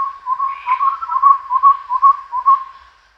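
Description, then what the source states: Chestnut-rumped babbler calling: a fast, continuous string of low, hollow, whistled notes, fading at the end. Recorded at Danum on 1 April 2006.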